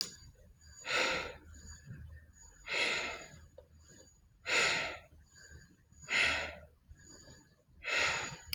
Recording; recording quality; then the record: shallow breathing; excellent, no background noise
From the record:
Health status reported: healthy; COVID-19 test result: negative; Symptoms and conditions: none ticked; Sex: female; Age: 55 years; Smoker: not ticked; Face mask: not worn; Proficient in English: yes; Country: India